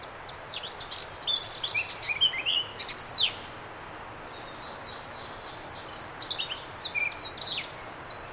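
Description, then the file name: Eurasian blackcap song: two bursts of quick, varied warbling notes, high and bright, separated by a short pause, over faint steady background hiss. "Sylvia atricapilla"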